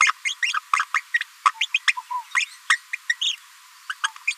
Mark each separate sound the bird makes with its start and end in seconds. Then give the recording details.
0.00-0.12, 0.25-0.34, 0.42-0.53, 0.79-0.83, 0.94-1.00, 1.14-1.17, 1.45-1.51, 1.61-1.66, 1.74-1.79, 1.87-1.92, 2.36-2.45, 2.70-2.77, 2.93-2.95, 3.09-3.15, 3.21-3.35, 3.89-3.92, 4.03-4.07, 4.27-4.34. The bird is a female. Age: 27 days. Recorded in a nest box in Venezuela. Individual 17B73B2